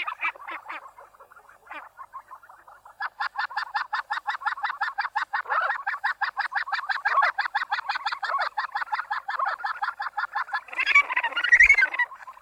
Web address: australasian gannet. takapu